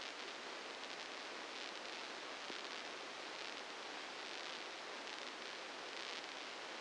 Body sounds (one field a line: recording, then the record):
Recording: brain microelectrode recording played as sound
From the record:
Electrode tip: inside the subthalamic nucleus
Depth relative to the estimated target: -3 mm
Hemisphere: left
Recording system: NeuroSet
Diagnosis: Parkinson's disease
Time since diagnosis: 8 years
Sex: male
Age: 59 years